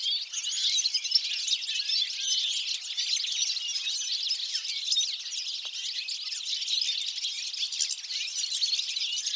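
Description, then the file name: European goldfinch calls, a steady chorus of high, quick chirps and twitters from many birds overlapping without a break. "Carduelis carduelis"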